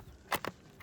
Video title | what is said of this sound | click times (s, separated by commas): Denqir Cordless Pressure Washer Review! | until it clicks then to remove it you would press this in and pull the opposite way | 0.3 s